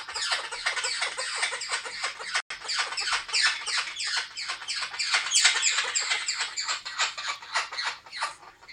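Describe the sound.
Blue-headed parrot screeches, a steady stream of harsh, squawky descending notes delivered rapidly, with a brief break in the recording early on.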